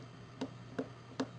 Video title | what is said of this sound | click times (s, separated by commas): Alpina Seastrong Review | Oh, a really nice action to put that back in. So you just, you hear the pop | 0.4 s, 0.8 s, 1.2 s